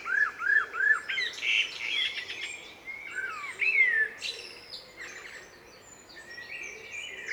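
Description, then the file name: Common blackbird singing arched, fluty warbled phrases that shift into varied twittering notes, with a low hum underneath. "Turdus merula"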